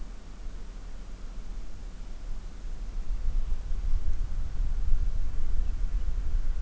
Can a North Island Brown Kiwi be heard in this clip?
no